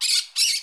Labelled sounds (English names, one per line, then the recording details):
Brown-throated Parakeet contact call
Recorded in Curacao
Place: Hoffi Jan Thiel
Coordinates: 12.094, -68.877